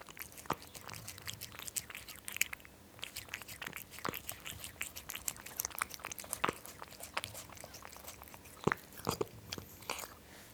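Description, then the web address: Cat lapping milk, a steady run of sharp wet clicks with short pauses and occasional louder laps. Drinking milk. "BBC Sound Effects Library Cats Cat Drinking Milk"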